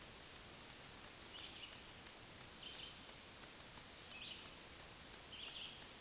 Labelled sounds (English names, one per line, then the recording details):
Black-throated Green Warbler song
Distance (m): 15 m
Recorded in a Pennsylvania forest on 1 June 2023 at 08:58
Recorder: AudioMoth, point grid3_34_low
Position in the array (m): 215 m, 135 m